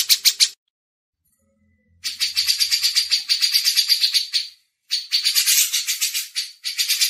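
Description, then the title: Grey-cheeked bulbul producing bursts of harsh, rapidly repeated high-pitched notes, with a silent gap early on and another short break before the final run. Masteran recording: training audio for songbirds. "MASTERAN CUCAK JENGGOT"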